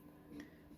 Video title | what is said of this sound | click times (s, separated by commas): Build #885 - Flame Bronzed Kraken #174 - Burr | how you do that is you back the crown off the threads until you hear it and feel it clicking | 0.4 s